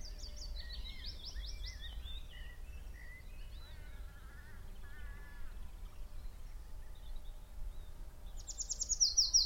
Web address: beanstalk-audio Spring birds song with machine noise in the background